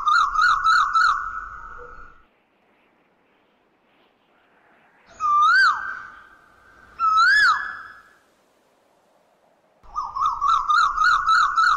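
Asian koel calling: a quick bubbling run of about six notes, then two loud rising-and-falling whistled notes, then another bubbling run, each note trailing off in an echo.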